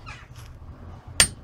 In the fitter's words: Oh, here it goes. You hear it? Click click. So, that's good.